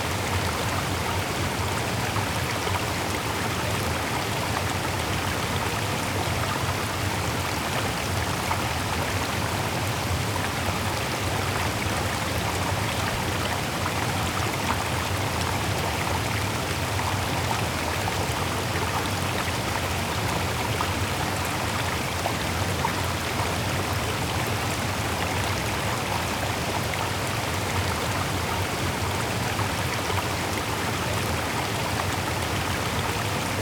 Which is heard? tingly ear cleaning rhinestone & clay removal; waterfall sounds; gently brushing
waterfall sounds